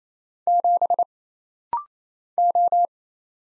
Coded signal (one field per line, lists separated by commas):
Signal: Morse code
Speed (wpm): 27 wpm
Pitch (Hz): 700 Hz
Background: none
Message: 7 O